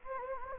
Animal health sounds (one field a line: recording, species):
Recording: mosquito wingbeat signal from an infrared sensor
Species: Anopheles gambiae